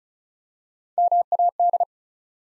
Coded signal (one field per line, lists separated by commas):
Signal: Morse code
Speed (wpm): 35 wpm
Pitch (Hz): 700 Hz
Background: none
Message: MAD